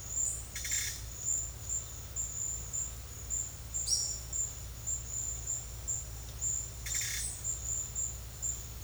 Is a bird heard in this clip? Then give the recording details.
yes. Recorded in pastures near Puerto Asís, Putumayo, Colombia, on 4 March 2025 at 11:00. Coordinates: 0.502, -76.324. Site GP07